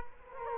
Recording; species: mosquito wingbeat signal from an infrared sensor; Culex quinquefasciatus